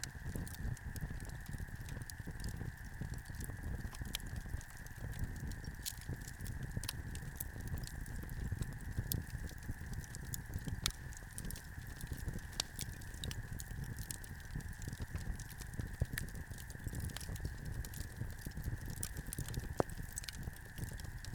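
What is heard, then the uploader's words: A late-night campfire crackles with frequent sharp pops and snaps over a low steady rumble, while a constant high-pitched drone runs throughout. Late Night Campfire At Medicine Lake. This was recorded on a clear and cool summer night in the Hemlock Campground at Medicine Lake in Modoc National Forest, Siskiyou County, California.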